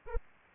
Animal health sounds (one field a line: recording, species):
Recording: mosquito wingbeat signal from an infrared sensor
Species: Anopheles arabiensis